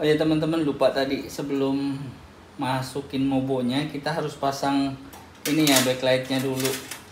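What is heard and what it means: A rear I/O shield, a stamped metal plate, is being handled at the rear opening of a PC case before the motherboard goes in, while someone talks. Only speech and faint handling sounds are heard. Nothing has seated or clicked yet.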